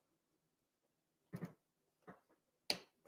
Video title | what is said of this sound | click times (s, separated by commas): "Crossdeck" Episode 41 - GRS Build-A-Cade Build with Artwork | all right snapped into place | 2.7 s